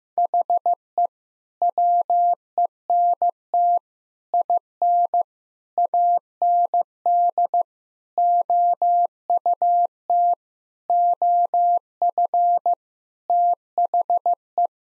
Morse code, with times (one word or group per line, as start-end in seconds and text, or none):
0.2-1.1 HE
1.6-3.8 WENT
4.3-5.2 IN
5.8-7.6 AND
8.2-10.3 OUT
10.9-12.7 OF
13.3-14.7 THE